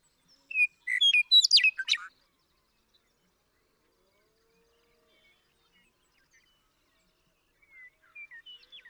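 Western meadowlark delivering one complex whistled and gurgling song phrase, followed by about five seconds of silence and the faint start of another phrase.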